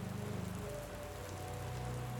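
Steady rain pours down at night in a dense, continuous patter, with a low rumbling undertone and a faint tonal hum running through it. No voices are present.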